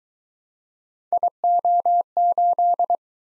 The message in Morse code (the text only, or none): IO8